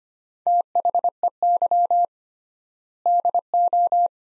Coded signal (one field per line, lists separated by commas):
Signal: Morse code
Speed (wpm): 25 wpm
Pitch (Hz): 700 Hz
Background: none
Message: THEY DO